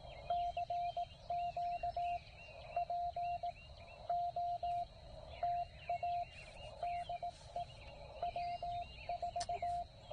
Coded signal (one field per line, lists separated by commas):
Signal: Morse code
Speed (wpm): 18 wpm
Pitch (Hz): 700 Hz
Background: radio noise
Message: CQ POTA DE W4